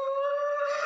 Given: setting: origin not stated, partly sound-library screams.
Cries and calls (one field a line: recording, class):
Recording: one-second piece from a danger detection set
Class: woman in danger